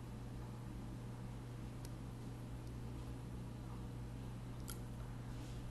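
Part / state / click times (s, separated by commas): mobility scooter seat swivel lock on seat post / seated / 1.9 s, 4.7 s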